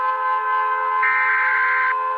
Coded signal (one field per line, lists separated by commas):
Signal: Emergency Alert System (SAME) tones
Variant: header bursts